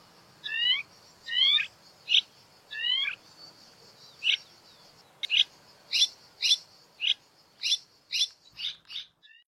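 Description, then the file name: Red-rumped swallow singing, a few rising notes with harmonics, then a string of sharp high chirps. "Canto da andorinha daurica"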